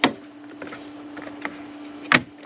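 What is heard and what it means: A plastic rear turn signal lens on a 2022 Toyota Highlander XSE is pushed back into the tail light housing and snaps in with a sharp click at 0.0 s. Softer plastic ticks and a steady hum follow, with another loud click near 2.1 s and a short tap at the end. The lens is seated and sits flush all the way around.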